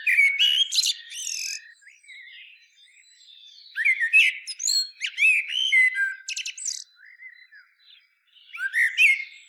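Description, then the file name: Common blackbird delivering bursts of rich warbling mixed with thin, scratchy high twitters, in three groups separated by quiet gaps. "Turdus merula"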